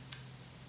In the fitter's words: slide latches here to lock it in.